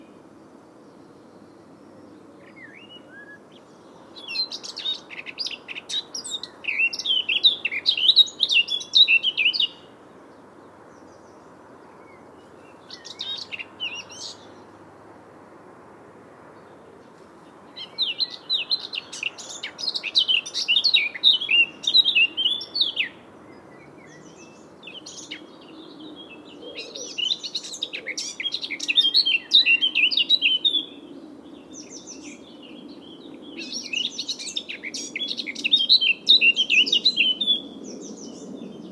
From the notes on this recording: Blackcap